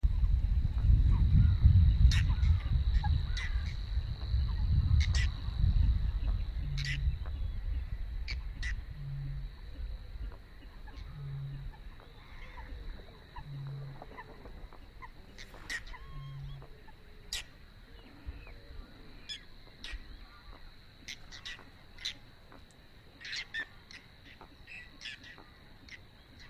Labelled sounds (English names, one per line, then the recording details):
Whiskered Tern call
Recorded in the wild
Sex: diverse
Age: adult
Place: Warsow, Kummerower See, Mecklenburg-Vorpommern, DE
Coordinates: 53.8364, 12.8372
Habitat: wetland
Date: 2012-05-24 05:18
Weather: 8°C, sunny, weak winds from NE
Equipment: Sound Devices 702, Sennheiser MKH 70, Rycote Windschutz
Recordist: Frommolt, Karl-Heinz